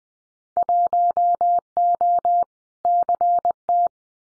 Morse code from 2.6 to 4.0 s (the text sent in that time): CT